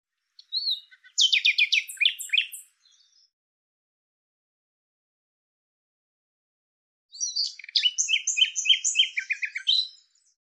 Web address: cianscape birddata Deverinetal 2025 File cleaned normalized Bird Lu Me Lu Me